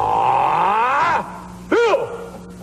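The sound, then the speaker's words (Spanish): A man lets out a loud, drawn-out shout that holds steady, climbs and then drops away, followed after a short pause by a briefer arching yell. “Ándele, maestro, pues es usted increíble con ese grito, y creo que esto es un clásico, este grito habría que guardarlo porque es un clásico de siempre.”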